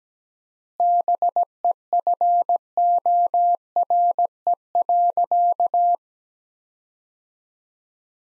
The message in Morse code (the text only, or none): BEFORE.